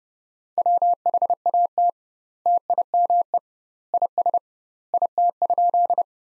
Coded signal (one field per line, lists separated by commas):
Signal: Morse code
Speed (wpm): 32 wpm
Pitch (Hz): 700 Hz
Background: none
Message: WHAT TIME IS IT?